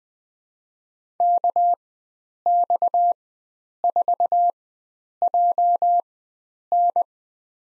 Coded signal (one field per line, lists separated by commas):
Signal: Morse code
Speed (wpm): 20 wpm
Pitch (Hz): 700 Hz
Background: none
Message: KX4JN